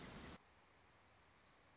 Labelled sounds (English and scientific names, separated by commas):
Wilson's Warbler (Cardellina pusilla)